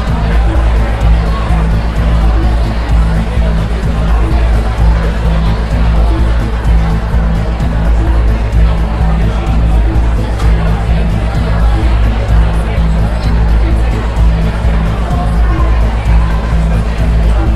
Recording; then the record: background sound without coughing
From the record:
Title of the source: Party Noise 1 Hour Party Ambience